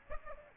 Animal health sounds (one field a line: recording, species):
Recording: mosquito wingbeat signal from an infrared sensor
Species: Aedes aegypti